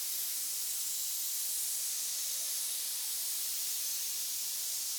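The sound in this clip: Snake hissing: a steady, unbroken airy hiss, bright and even from start to finish, with no other sounds.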